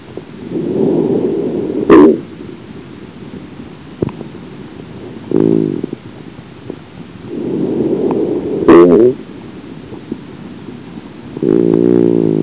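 Stridor in an adult: harsh, musical, tonal noise with each breath, repeating about 18 times a minute.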